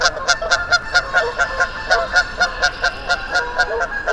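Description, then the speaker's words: Goose honking calls, a rapid run of short harmonic honks from several birds overlapping, about two per second with uneven rhythm. Geese on the frozen bog at Mud Pond nature refuge, Vermont, early spring, after companions arrived from the south; about 15 minutes of goose conversation; parabolic microphone on a stand. "After about 15 minutes of goose conversation, they flew on to their destination"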